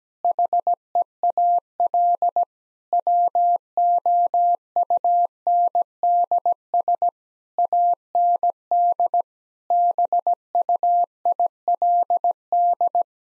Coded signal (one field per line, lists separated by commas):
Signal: Morse code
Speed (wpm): 17 wpm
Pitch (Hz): 700 Hz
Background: none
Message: HEAL WOUNDS AND BUILD